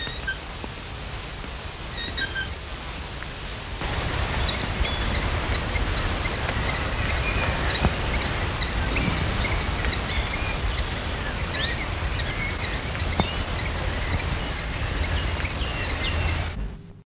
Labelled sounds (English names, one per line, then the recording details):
Canary Islands Chiffchaff
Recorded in the wild
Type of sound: alarm call, begging call
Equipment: Halbspur, 9,5 cm/s
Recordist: Lütgens, Hans
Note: Junge betteln, Alte warnen